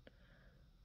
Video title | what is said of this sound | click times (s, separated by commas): LifeCard Trailblazer Firearms -- Review | pop it out and then it catches and | 0.1 s